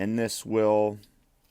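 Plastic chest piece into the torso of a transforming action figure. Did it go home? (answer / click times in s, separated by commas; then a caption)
no / none. A plastic chest piece is being handled into the torso of a transforming Transformers War for Cybertron Kingdom Deluxe Class Tracks action figure, with the collapsed chest section about to be pushed down until it locks into place. Someone talks briefly over the handling. Nothing has seated or clicked yet.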